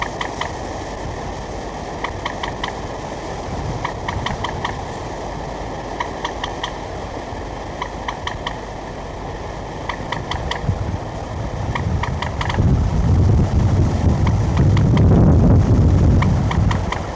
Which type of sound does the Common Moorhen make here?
call